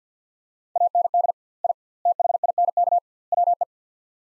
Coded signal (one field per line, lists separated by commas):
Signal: Morse code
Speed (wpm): 49 wpm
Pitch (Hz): 700 Hz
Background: none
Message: AND I THINK WE